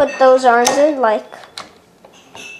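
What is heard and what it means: Someone talks while handling a plastic toy robot, pushing its arms in toward the toy body to transform it back, with a few small plastic taps and knocks after the speech. Nothing has seated or clicked yet; the clip ends just before the arms go home.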